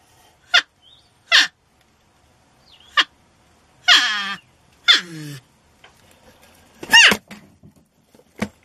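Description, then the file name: Porcupine squeals and whines, short sharp cries and a few longer falling wails spaced irregularly, with quiet pauses between them. "Tieng con nhim keu"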